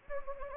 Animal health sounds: mosquito wingbeat signal from an infrared sensor; Anopheles gambiae

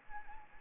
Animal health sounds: mosquito wingbeat signal from an infrared sensor; Anopheles arabiensis

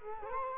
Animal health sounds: mosquito wingbeat signal from an infrared sensor; Culex quinquefasciatus

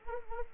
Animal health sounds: mosquito wingbeat signal from an infrared sensor; Anopheles arabiensis

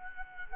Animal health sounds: mosquito wingbeat signal from an infrared sensor; Culex quinquefasciatus

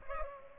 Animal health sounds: mosquito wingbeat signal from an infrared sensor; Culex pipiens

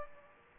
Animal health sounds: mosquito wingbeat signal from an infrared sensor; Aedes aegypti

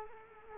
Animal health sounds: mosquito wingbeat signal from an infrared sensor; Culex quinquefasciatus

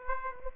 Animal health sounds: mosquito wingbeat signal from an infrared sensor; Aedes aegypti

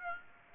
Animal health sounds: mosquito wingbeat signal from an infrared sensor; Aedes aegypti

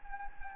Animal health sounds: mosquito wingbeat signal from an infrared sensor; Anopheles gambiae

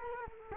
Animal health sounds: mosquito wingbeat signal from an infrared sensor; Culex quinquefasciatus

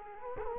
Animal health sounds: mosquito wingbeat signal from an infrared sensor; Culex quinquefasciatus

